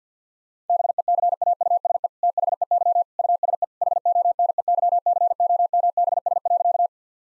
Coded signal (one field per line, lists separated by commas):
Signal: Morse code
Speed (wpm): 50 wpm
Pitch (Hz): 700 Hz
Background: none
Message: BECAUSE THEY USE HONEYCOMBS.